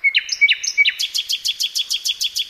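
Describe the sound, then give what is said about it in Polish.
A man imitates jackdaw calls with high, sharp chirps: a few uneven ones first, then a steady, rapid run of about ten repeated calls, fairly loud and with no talking. “To rozumiem, że to chodzi o kawki.”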